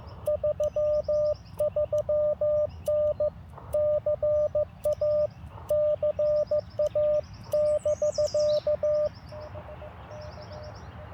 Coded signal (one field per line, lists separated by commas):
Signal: Morse code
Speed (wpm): 15 wpm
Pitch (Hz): 590 Hz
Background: none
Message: 33N CA CA <BK>